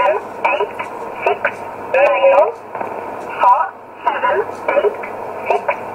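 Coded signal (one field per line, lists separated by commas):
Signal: numbers station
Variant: E11 Oblique, English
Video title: 12 08 2017 Numbers station E11 Oblique in English to Eu 0811 on 9079 in USB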